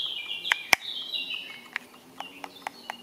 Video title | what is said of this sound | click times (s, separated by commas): BUSHCRAFT / TESTE COUTEAU FISKARS K40 | Écoutez le clic. | 0.7 s